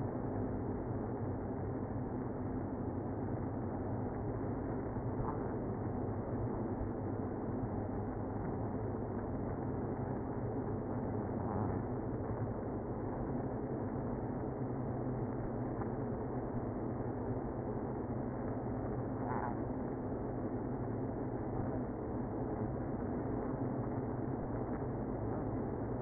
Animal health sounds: honeybee colony, microphone inside the hive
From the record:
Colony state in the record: queenless (queen removed); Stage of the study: after two queens were removed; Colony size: about 60,000 bees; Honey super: yes

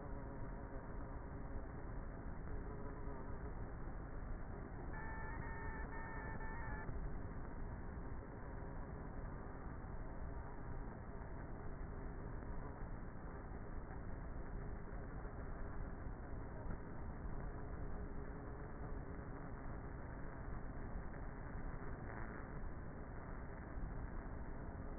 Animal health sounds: honeybee colony, microphone inside the hive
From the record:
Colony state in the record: queenless with a low population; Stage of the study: before two queens were removed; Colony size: about 30,000 bees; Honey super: no

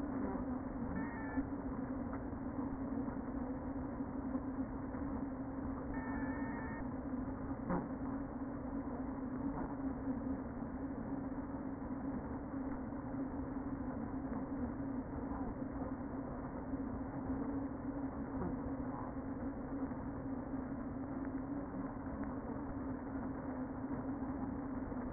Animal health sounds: honeybee colony, microphone inside the hive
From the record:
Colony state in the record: queen present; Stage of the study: before two queens were removed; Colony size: about 60,000 bees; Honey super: yes

